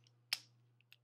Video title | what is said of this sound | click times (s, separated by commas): Transformers Animated Toys"R"Us Exclusive Rodimus Minor (Hotrod) Review | you got to slide inside the blue PL plastic where the windows are like so you'll hear that clicking sound | 0.3 s